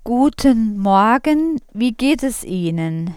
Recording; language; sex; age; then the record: spoken sentence; German; female; 30 to 39 years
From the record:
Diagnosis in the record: stuttering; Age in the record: 36 years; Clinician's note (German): Balbuties